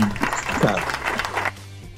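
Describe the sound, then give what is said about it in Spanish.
A short burst of dense clapping, like a small crowd applauding, lasts about a second and a half before cutting off, leaving only a low steady hum. “Oh, un aplauso.”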